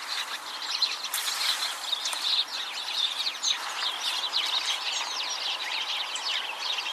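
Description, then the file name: House sparrow calls, a busy chorus of short chirps and squeaks, steady throughout with constant background hiss. "Passer domesticus"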